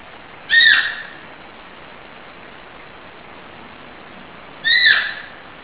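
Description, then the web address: Deer calls: two short, high, squealing calls that drop slightly in pitch, about four seconds apart, over a steady background hiss. "Pavilions Sensorium ra kawasaki ra u deer"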